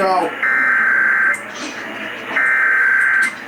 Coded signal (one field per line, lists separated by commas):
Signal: Emergency Alert System (SAME) tones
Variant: header bursts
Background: speech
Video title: BURPS AND TESTS... EAS Tests from April, 2021 (EAS #5,638 - 5,672)